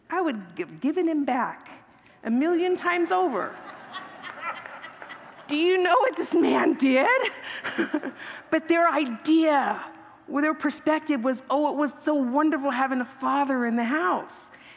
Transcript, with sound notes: I would have given him back a million times over.” [Congregants laugh] “Do you know what this man did?” But their idea — their perspective — was, “Oh, it was so wonderful having a father in the house.”